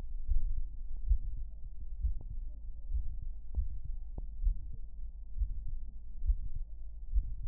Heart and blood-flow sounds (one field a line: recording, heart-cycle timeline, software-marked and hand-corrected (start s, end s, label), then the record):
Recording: heart sounds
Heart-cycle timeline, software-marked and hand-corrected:
0.00	0.30	diastole
0.30	0.42	S1
0.42	0.56	systole
0.56	0.68	S2
0.68	1.06	diastole
1.06	1.20	S1
1.20	1.40	systole
1.40	1.52	S2
1.52	2.02	diastole
2.02	2.16	S1
2.16	2.38	systole
2.38	2.48	S2
2.48	2.92	diastole
2.92	3.04	S1
3.04	3.20	systole
3.20	3.24	S2
3.24	3.56	diastole
3.56	3.68	S1
3.68	3.84	systole
3.84	3.94	S2
3.94	4.42	diastole
4.42	4.56	S1
4.56	4.76	systole
4.76	4.86	S2
4.86	5.38	diastole
5.38	5.50	S1
5.50	5.70	systole
5.70	5.80	S2
5.80	6.24	diastole
6.24	6.38	S1
6.38	6.54	systole
6.54	6.64	S2
6.64	7.12	diastole
7.12	7.26	S1
7.26	7.48	systole
From the record:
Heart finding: mitral regurgitation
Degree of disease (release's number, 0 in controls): 2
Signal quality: good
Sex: female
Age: 66 years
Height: 1.63 m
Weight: 85 kg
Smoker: yes